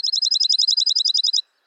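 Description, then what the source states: Junco song, a steady trill of many identical quick notes, evenly spaced and lasting about one and a half seconds. Steady trill with a characteristic rhythm.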